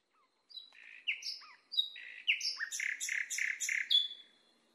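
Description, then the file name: Nightingale singing a varied phrase of sharp whistles, slurred notes and quick repeated chirps, ending on a long high whistled tone. Masteran recording, a song recording used to train cage birds. "suara masteran nightingale"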